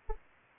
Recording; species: mosquito wingbeat signal from an infrared sensor; Aedes aegypti